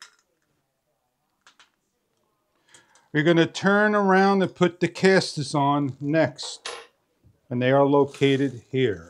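A plastic cover is pressed onto the seat mechanism of a big and tall drafting chair, rated for 400 lbs with an extra-wide 21-inch cushion, after its five bolts have been tightened. The cover snaps into place with a sharp click at 0.0 s, followed by a few faint taps around 1.5 to 1.6 s, and then someone talks.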